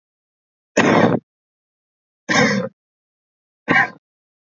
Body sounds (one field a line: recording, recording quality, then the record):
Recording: heavy voluntary cough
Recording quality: excellent, no background noise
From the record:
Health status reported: healthy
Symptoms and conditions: none ticked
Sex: male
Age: 22 years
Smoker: not ticked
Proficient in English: yes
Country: India